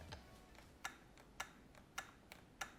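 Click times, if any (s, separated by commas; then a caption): 0.9 s, 1.4 s, 2.0 s, 2.6 s. On a Yamaha TTR-50, after the throttle cable adjuster is loosened, the throttle is released repeatedly and the carburetor throttle slide snaps fully closed in the carburetor body, giving sharp clicks at 0.9, 1.4, 2.0 and 2.6 seconds over a quiet background with a few fainter ticks. Each click shows the slide seating fully closed, the point where there is no cable slack.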